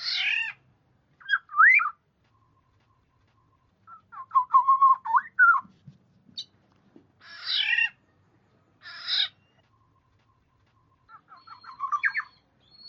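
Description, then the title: Black-naped oriole alternating fluty whistled phrases with several harsh, nasal mewing calls, the whistles sometimes quick and warbled. "Kepodang"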